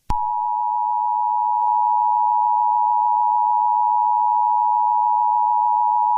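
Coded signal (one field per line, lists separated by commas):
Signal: Emergency Alert System (SAME) tones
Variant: 853 and 960 Hz attention tone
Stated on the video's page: Fictional EAS scenario that uses valid Emergency Alert System tones.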